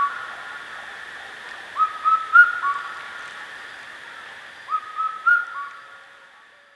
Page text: Indian Cuckoo Song. Quick Sounds